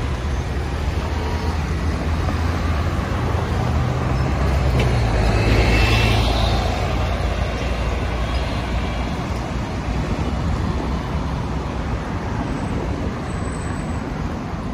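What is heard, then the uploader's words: Street sounds from Tel Aviv, with a steady wash of traffic and a low engine rumble throughout. A vehicle swells past around four to seven seconds, adding a brief brighter hiss, then the roar settles back to an even, dense background. Street Sounds. Walking In Tel Aviv, Israel.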